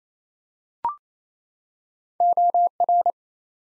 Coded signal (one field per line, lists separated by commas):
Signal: Morse code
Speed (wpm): 29 wpm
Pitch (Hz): 700 Hz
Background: none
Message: OR